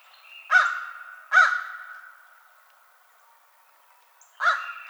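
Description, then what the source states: American crow cawing: two harsh caws close together, a long pause, then two more caws at the end. Recorded 22 March 2007.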